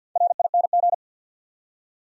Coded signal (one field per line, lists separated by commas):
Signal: Morse code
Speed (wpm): 51 wpm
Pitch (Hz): 700 Hz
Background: none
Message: RING